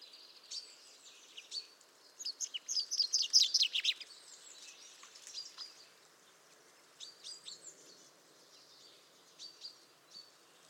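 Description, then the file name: Common chaffinch song, a rapid rattling phrase rising in loudness and ending around four seconds, with scattered high chirps before and after. "Fringilla coelebs"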